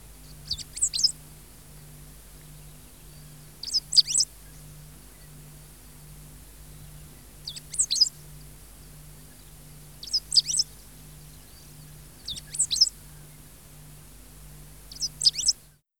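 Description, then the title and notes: Great pampa finch giving bright, high chirping bursts, each a quick cluster of notes, recurring roughly every two to four seconds, six in total, with a faint constant low drone. Argentina, in wet grasslands. "Museo de Ciencias de Bahía Blanca. Verdón (Embernagra platensis)"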